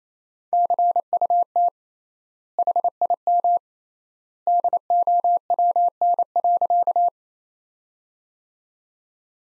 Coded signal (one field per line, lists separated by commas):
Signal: Morse code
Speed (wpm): 28 wpm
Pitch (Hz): 700 Hz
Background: none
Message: CUT HIM DOWN.